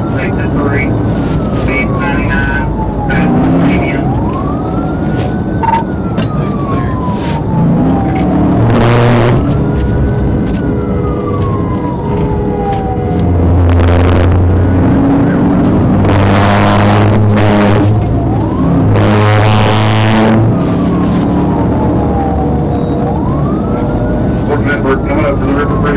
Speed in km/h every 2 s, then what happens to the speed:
147, 138, 132, 130, 119, 114, 98, 109, 118, 122, 134, 134, 140.
0-12 brakes to 98. 12-26 speeds up to 140.